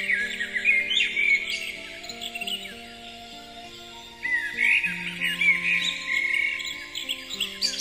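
Bird chirps: bursts of quick, twittering notes in two loud spells, over steady low sustained musical tones.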